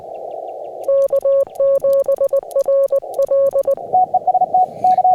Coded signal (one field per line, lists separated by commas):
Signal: Morse code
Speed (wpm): 20 wpm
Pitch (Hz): 550 Hz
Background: radio noise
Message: K7RL